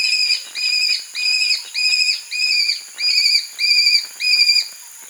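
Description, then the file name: Aplomado falcon calling a steady run of eight loud, harsh, ringing notes, roughly two each second, evenly spaced. "halconplomizo"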